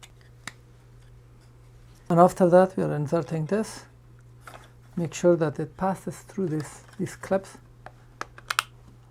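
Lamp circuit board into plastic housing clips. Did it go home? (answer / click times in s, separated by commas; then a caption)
yes / 8.5 s, 8.6 s. After two bulbs are fitted into their holes, a lamp circuit board is pushed through the plastic retaining clips of its housing while someone talks. A series of sharp clicks follows near the end, with the board snapping into the clips and seating at 8.5 s and 8.6 s.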